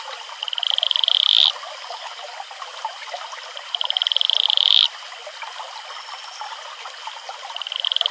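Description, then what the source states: Atelopus franciscus giving rapid ticking trills that grow louder then stop sharply, two in full and a third beginning at the end, with stream sound throughout. Male; advertisement call.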